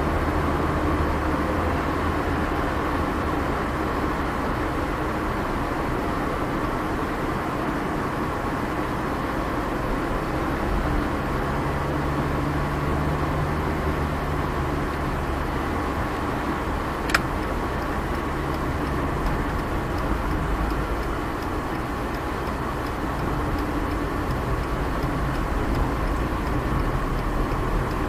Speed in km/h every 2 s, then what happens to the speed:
57, 54, 51, 49, 47, 46, 47, 50, 50, 50, 49, 47, 46, 44.
0-9 slows to 46. 9-19 steady at about 50. 19-28 slows to 44.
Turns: none.